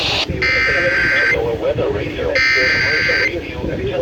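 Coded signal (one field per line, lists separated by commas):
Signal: Emergency Alert System (SAME) tones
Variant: header bursts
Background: speech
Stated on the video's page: Real EAS alerts from a day of storms, a series of received activations.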